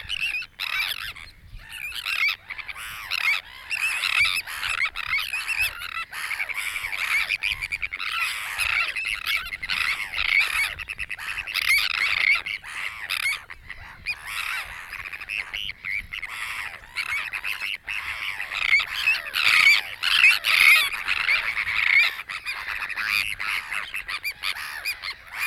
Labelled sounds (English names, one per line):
Sandwich Tern call